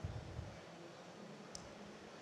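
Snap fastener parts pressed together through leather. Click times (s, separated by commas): 1.6 s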